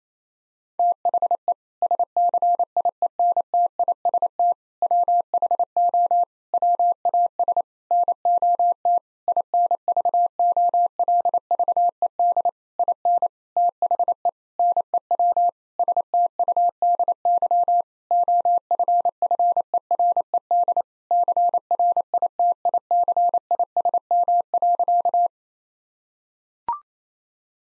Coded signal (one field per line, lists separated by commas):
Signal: Morse code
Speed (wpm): 28 wpm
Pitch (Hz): 700 Hz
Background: none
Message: THE SCIENTIST WHO WAS NOT INVOLVED IN THE NEW STUDY OFFERED CRITICISM.